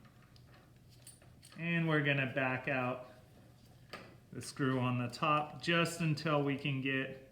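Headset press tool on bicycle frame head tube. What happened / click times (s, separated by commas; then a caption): The tool is being handled and adjusted; nothing has snapped into place yet / none. A headset press tool is handled on a bicycle frame's head tube while its top screw is backed out so the tool can snap into place for pressing in the headset cups. Someone talks over a few faint metallic taps and light handling clicks. Nothing has seated or snapped into place yet.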